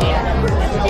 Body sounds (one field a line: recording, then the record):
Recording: background sound without coughing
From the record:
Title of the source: Nightlife Party Simulating Party Club Noise 1 Hour